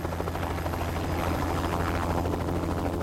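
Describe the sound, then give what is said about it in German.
A helicopter on its way to Bregenz flies steadily overhead, its rotor producing a constant low, pulsing thrum with a broad whooshing roar above it, loud and unbroken throughout, with no voices. “10 Minuten später ist mein Inspektor Gruber mit dem Helikopter auf dem Weg nach Bregenz”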